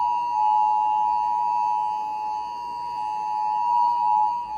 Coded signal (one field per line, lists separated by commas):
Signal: Emergency Alert System (SAME) tones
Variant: 853 and 960 Hz attention tone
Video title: WESV DMO (EAS #92)